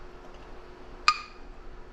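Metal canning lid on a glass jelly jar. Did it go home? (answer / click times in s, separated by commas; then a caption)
yes / 1.1 s. A metal canning lid on a glass jar of freshly canned jelly, cooling on a counter, pops down as it vacuum seals. A single sharp click or snap at 1.1 s rises out of a quiet, steady background and rings briefly before fading. The lid has sealed.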